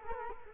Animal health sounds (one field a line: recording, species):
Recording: mosquito wingbeat signal from an infrared sensor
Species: Culex quinquefasciatus